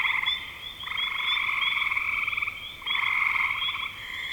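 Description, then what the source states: Frog chorus of overlapping pulsed trills, one running nearly two seconds, backed by quick high chirps from other callers. Spring 2025.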